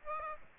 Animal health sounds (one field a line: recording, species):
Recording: mosquito wingbeat signal from an infrared sensor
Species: Aedes aegypti